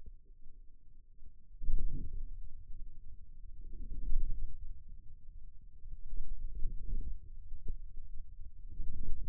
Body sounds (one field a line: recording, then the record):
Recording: forearm muscle sounds (acoustic myography)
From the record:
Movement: wrist flexion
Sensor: system 2, bracelet of six BSWA MPA416 microphones around the upper forearm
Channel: 1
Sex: male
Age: 22 years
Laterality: right